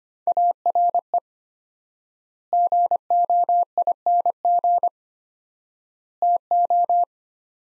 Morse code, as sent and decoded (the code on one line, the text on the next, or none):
.- .-. . / --. --- .. -. --. / - ---
ARE GOING TO